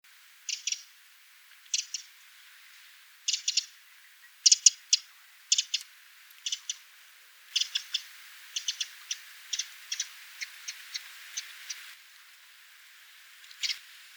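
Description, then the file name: Eurasian wren calling with dry, sharp ticks in short clusters, becoming a quicker run of single ticks midway. "Troglodytes troglodytes"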